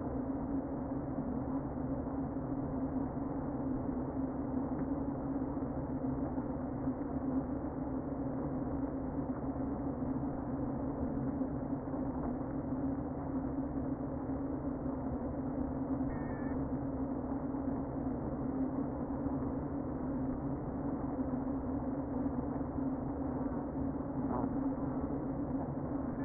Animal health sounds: honeybee colony, microphone inside the hive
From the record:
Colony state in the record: queen present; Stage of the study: before two queens were removed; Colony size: about 60,000 bees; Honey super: yes

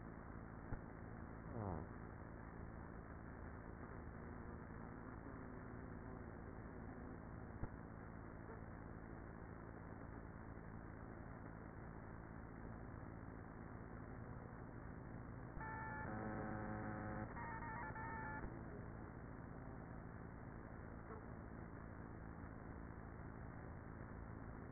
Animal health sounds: honeybee colony, microphone inside the hive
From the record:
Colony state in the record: queenless with a low population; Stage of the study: after two queens were removed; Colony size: about 30,000 bees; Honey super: no

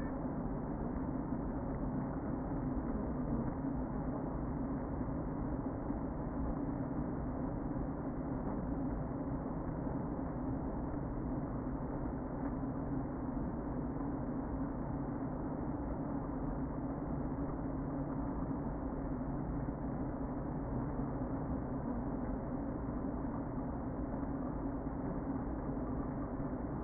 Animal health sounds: honeybee colony, microphone inside the hive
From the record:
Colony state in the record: queen present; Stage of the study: before two queens were removed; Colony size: about 60,000 bees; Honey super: yes

